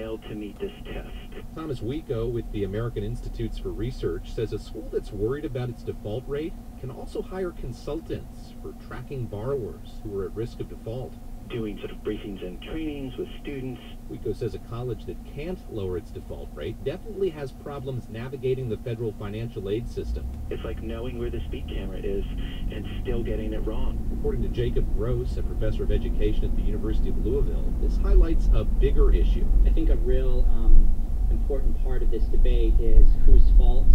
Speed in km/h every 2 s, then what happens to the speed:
0, 2, 0, 0, 0, 0, 0, 0, 0, 0, 6, 18, 26, 32, 35, 32, 32.
0-19 standing. 19-26 pulls away to 32. 26-34 steady at about 32.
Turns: none.